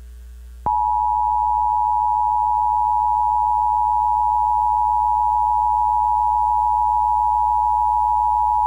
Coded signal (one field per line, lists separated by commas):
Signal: Emergency Alert System (SAME) tones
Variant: 853 and 960 Hz attention tone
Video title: A Long Testing Tuesday (EAS #22838-22899) 10/8/24